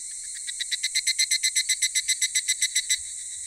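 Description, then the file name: Evening cicada call: a rapid run of many bright ringing pulses, swelling in and holding steady for about two and a half seconds before stopping, over a constant high hiss. "higurashi"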